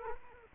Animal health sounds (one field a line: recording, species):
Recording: mosquito wingbeat signal from an infrared sensor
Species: Culex quinquefasciatus